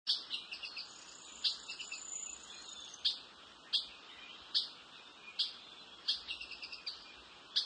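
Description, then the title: Ochre-collared piculet calls: crisp, high single notes at irregular intervals, some followed by quick chattering clusters. "LuckyPassaro Completos2Sama. Ochre-collared Piculet (Picumnus temminckii)"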